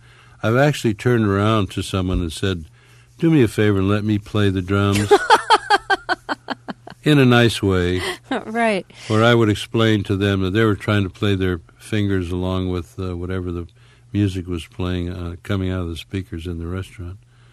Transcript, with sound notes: I've actually turned around to someone and said, do me a favor and let me play the drums.
(Laughter).
In a nice way.
Right, right.
Where I would explain to them that they were trying to play their fingers along with whatever the music was playing coming out of the speakers in the restaurant.